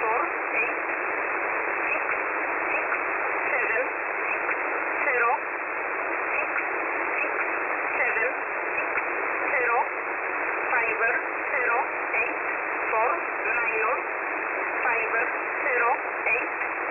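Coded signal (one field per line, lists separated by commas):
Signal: numbers station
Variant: E11a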